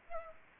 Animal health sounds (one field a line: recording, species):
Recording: mosquito wingbeat signal from an infrared sensor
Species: Aedes aegypti